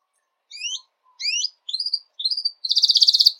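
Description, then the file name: Belgian canary giving a few separate chirps, the first ones sweeping upward, then a quick buzzy trill. White Belgian canary; song. "canto do canario belga branco"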